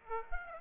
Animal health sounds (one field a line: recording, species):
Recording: mosquito wingbeat signal from an infrared sensor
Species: Aedes aegypti